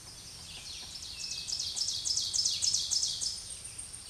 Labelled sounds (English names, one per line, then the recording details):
Ovenbird song
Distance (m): 20 m
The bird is about 10 m above the microphone
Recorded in a Pennsylvania forest on 16 May 2024 at 07:05
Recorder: AudioMoth, point MSD-2083
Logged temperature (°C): 16.7 °C
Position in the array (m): 147 m, 4 m